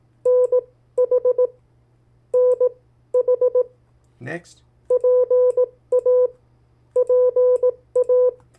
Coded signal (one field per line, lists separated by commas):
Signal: Morse code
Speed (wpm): 18 wpm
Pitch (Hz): 500 Hz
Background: speech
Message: NH NH PA PA